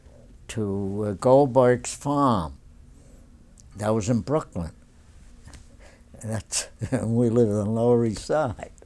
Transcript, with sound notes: to Goldberg's farm. That was in Brooklyn. ( he laughs ) We lived on the Lower East Side.